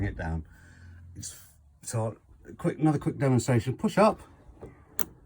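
A roof skylight stay mechanism in the caravan roof of a 2021 Buccaneer Aruba is pushed up as a repeat demonstration while someone talks. A sharp click at 5.0 s marks the stay seating into its open position.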